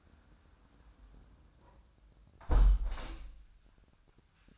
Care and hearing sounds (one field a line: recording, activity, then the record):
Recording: daily activity, microphone in the room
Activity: close window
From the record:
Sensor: 2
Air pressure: 1004.5 hPa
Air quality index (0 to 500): 70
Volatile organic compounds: 1 ppm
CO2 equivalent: 829 ppm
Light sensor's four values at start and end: 6/14/6/6 and 6/14/5/5